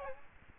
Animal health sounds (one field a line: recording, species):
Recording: mosquito wingbeat signal from an infrared sensor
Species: Aedes aegypti